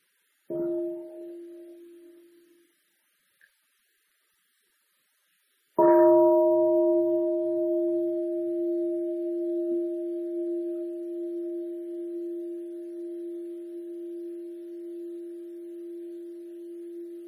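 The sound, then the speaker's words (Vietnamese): A meditation bell is struck twice: a brief first ring that fades within seconds, then a louder strike whose steady, pure tone hums on for over ten seconds, slowly fading, with no voices. “Nếu như mình theo dõi được hoàn toàn, mình giữ được cái tâm ý của mình nó có mặt liên tục trong khi nghe chuông, trong khi thở vào, thở ra đó, thì đó là sự thành công.”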